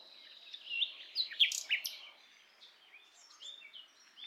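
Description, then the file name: Nightingale song, a short cluster of sharp chirps and slurred whistles, then quieter scattered notes over faint background noise. "Luscinia megarhynchos"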